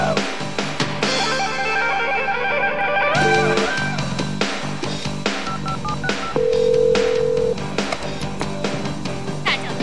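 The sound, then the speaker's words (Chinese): Telephone sounds over a busy electronic backdrop: short dialing beeps, then a steady, mid-pitched ringing tone that holds for about a second before cutting off, as Angela, a computer programmer in a film set in 1990s America, calls Dale Hessman after inserting a disk into her computer. “安琪拉连接网络，将磁盘插入电脑，然后给戴尔打去了电话。”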